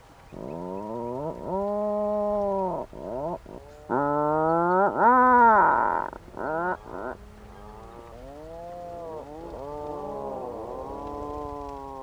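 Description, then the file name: Atlantic puffin uttering a series of low, buzzy groans, some long and even, others short and bent, fading into softer wavering moans. "Macareux moine"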